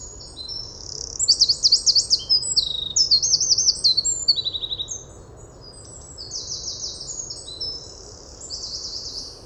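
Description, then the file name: Eurasian wren song: a loud burst of rapid high trills and sharp notes, then softer trilled phrases later on, over gentle background hiss. "Troglodytes troglodytes"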